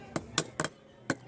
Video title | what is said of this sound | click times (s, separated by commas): How To Repair AC Compressor Locked up part 4 of 4 | now it snaps you can't get this out anymore so that's done right there | 0.4 s